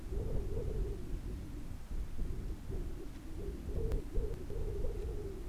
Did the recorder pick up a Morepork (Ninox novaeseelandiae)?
no